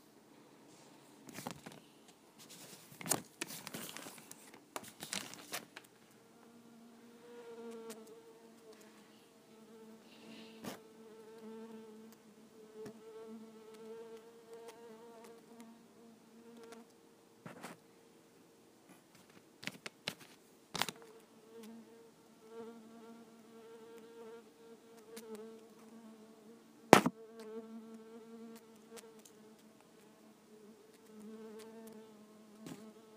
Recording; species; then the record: mosquito flight sound by mobile phone; Culiseta incidens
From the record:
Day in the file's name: 2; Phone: iPhone 5